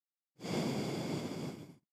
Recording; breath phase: one breath near a microphone; exhalation